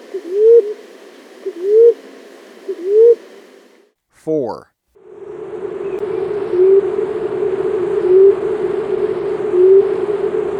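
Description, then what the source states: Maroon-chested ground dove giving three low, upslurred coos, followed by a brief sweeping sound and a steady low hum with fainter rising notes. Bird of Ecuador.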